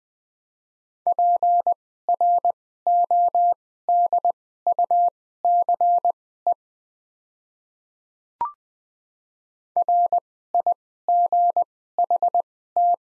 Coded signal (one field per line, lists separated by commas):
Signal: Morse code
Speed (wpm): 20 wpm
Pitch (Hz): 700 Hz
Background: none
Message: PRODUCE RIGHT